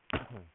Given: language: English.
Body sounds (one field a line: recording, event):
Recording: throat vibration sensor signal played as sound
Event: cough